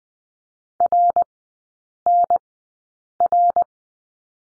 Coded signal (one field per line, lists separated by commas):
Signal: Morse code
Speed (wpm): 20 wpm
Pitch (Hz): 700 Hz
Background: none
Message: RNR